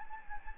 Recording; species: mosquito wingbeat signal from an infrared sensor; Anopheles gambiae